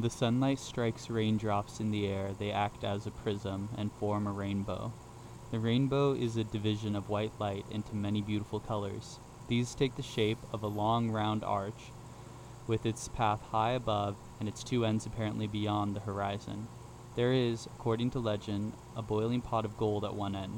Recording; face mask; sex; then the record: reading aloud; surgical mask; male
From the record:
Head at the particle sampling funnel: facing it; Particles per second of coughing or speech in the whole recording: 0.0224